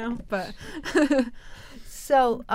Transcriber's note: she laughs